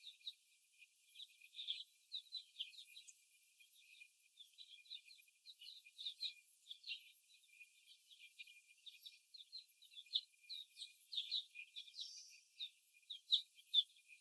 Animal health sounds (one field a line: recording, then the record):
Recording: young laying hens in a cage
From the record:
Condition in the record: after the stressor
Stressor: simulated dog barking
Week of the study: 1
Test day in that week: 2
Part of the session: 2